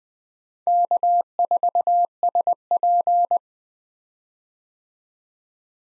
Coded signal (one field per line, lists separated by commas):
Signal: Morse code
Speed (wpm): 20 wpm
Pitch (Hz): 700 Hz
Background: none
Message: K4SP